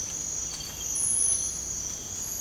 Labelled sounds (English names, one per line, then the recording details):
none
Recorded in dense forest near Puerto Asís, Putumayo, Colombia, on 22 December 2024 at 04:00
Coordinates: 0.481, -76.323
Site G100